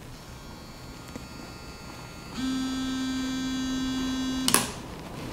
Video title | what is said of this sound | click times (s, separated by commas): Remontage bloc moteur R5 turbo 2 | vous voyez normalement on l'entend hein tac à la cliqué donc allez on continue comme ça | 4.5 s